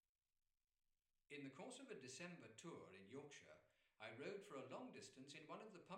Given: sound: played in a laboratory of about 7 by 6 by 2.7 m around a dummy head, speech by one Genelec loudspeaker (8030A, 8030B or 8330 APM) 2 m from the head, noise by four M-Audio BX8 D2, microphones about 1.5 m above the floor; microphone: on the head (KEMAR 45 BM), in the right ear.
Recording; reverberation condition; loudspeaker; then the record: male speech in English; medium; 60 degrees to the right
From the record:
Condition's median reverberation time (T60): about 510 ms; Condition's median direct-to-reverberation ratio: about -0.5 dB